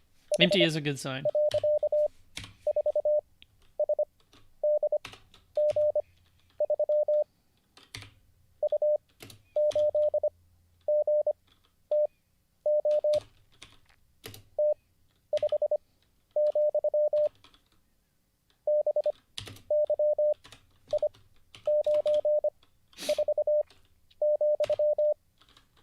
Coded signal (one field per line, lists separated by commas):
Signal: Morse code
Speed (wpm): 25 wpm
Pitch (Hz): 600 Hz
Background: speech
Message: H.4SDG3 U8GTO T5, BYI94,